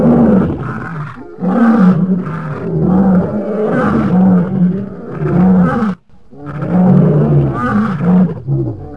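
Lion giving a run of heavy, throaty roars, with a brief break about two-thirds of the way through.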